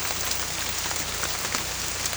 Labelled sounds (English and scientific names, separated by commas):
none